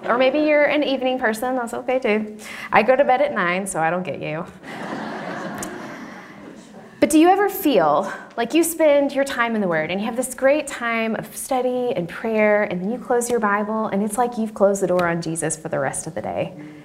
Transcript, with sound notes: Maybe you’re an evening person. Those are okay, too. I go to bed at nine, so I don’t get you. (laughter) But do you ever feel like you spend your time in the Word, and you have this great time of study and prayer, and you close your Bible, and it’s like you’ve closed the door on Jesus for the rest of the day?